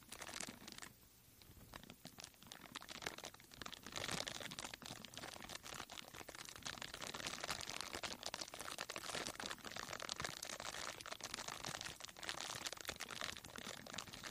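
A microphone's foam cover is brushed and scratched in a dense, continuous rustle with no talking. Sharp crackly scrapes pile up quickly and irregularly, bright and hissy throughout. There is a brief softer lull near the one-second mark before the scratching thickens and stays busy.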